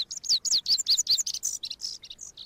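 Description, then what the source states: Lazuli Bunting song: a quick, high, sweet series of varied chirps and slurred notes. Sings from atop an elderberry spike with its head tipped back; found in summer in brushy western canyons.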